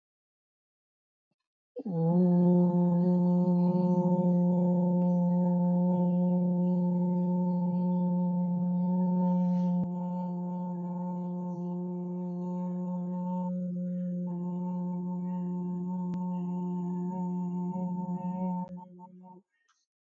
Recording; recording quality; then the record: sustained vowel as in boot; excellent, no background noise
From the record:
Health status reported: healthy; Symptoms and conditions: none ticked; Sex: male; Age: 27 years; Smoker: not ticked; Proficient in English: yes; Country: India